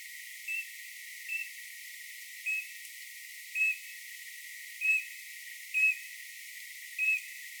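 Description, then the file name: Eurasian bullfinch giving soft, short, piping whistles, about seven notes spaced roughly one second apart, over a steady background hiss. "Pyrrhula pyrrhula"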